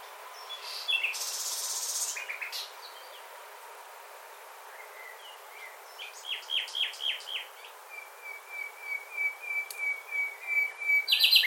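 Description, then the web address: Bird calls: scattered chirps and short high notes, then a run of sharp repeated notes and a long, even, high trill near the end over soft hiss. "Bird Only"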